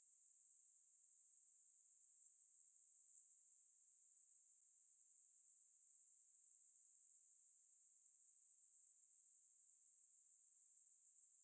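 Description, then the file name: Cicada song: a steady, high, shimmering buzz that pulses without a break, with no other sounds heard. "Ambience Cicades"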